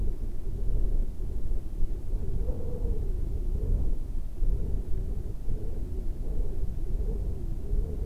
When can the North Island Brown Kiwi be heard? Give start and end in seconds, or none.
none